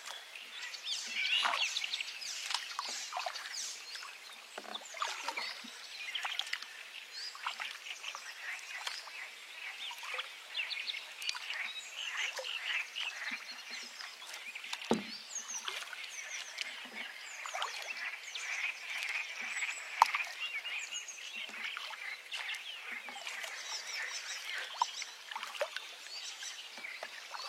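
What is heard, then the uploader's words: Dense, steady birdsong chatters and chirps high and bright throughout, with scattered light knocks and a sharper click around fifteen seconds. Canoeing on the extreme river, birds singing.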